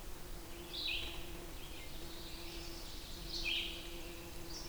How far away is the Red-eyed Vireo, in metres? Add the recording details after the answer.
about 35 m. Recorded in boreal forest in Alberta, Canada, on 8 June 2016 at 08:46. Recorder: SongMeter 3, array SBT-3-9. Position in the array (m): 38 m, 114 m